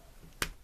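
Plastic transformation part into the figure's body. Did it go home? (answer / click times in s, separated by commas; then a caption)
yes / 0.4 s. During a robot-mode transformation of a Toyworld Hegemon V2 (Megatron) plastic transforming figure, a stiff plastic part that would not go in is forced into the figure's body. It seats with a single sharp snap at 0.4 s over a quiet background.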